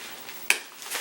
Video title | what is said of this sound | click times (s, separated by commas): Exped Sleep System | Snap it in. You should hear a click. | 0.5 s